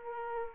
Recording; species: mosquito wingbeat signal from an infrared sensor; Aedes aegypti